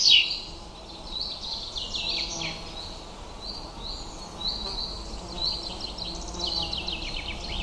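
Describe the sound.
Bird chirps and short flat whistled notes scattered throughout, with bursts of quick descending notes.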